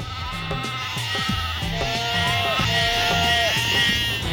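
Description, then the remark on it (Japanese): Several sheep bleat in overlapping, wavering cries, loud and continuous, with strained harmonic calls rising and falling over a busy background of low rumbling noise. “羊、この人の喉を噛んではいけないっす。”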